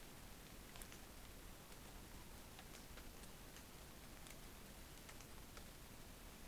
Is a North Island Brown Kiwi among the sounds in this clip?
no